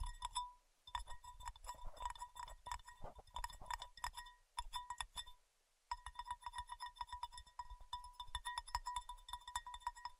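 Rapid, dense tapping runs through most of the clip, each tap a sharp click with a low thud beneath, over a steady ringing, bell-like tone. The tapping stops briefly near the first second and again around four and a half seconds, with a longer silent gap just before six seconds.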